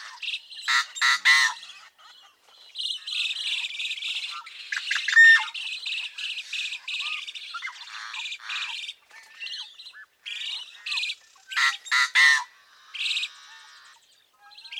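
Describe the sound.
Yellow-headed Blackbird song: loud harsh squawks and grating rasps in bursts separated by short pauses, with a few thin squeaky notes between them.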